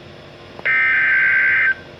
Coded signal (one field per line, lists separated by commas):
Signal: Emergency Alert System (SAME) tones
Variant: header bursts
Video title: Severe Thunderstorm Warning (EAS #629)